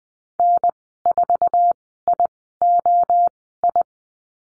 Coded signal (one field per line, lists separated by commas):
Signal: Morse code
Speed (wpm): 20 wpm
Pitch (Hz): 700 Hz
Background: none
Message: N4IOI